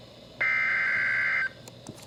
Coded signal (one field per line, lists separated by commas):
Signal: Emergency Alert System (SAME) tones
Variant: header bursts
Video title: Yet ANOTHER Severe Thunderstorm Warning (EAS #19) *LATE UPLOAD*